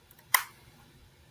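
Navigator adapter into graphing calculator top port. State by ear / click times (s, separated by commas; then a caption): seated / 0.3 s. A small plastic navigator adapter piece is pushed into the connector port on top of a TI-Nspire CX II graphing calculator. After a couple of faint ticks, a sharp, quiet snap is heard at 0.3 s, with a short decay. The adapter seats in the port.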